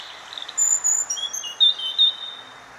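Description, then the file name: European robin song: a thin phrase of high, clear whistled notes, some sliding and wavering, delivered in quick separate bursts over a faint steady hiss. "Erithacus rubecula"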